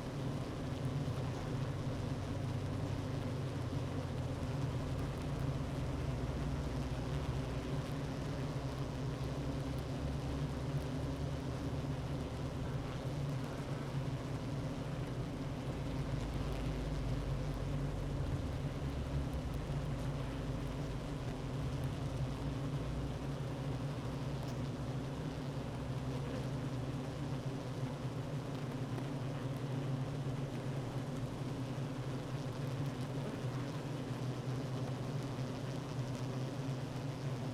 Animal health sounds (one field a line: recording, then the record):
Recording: honeybee colony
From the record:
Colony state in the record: active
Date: 12 June 2018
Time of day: 9:44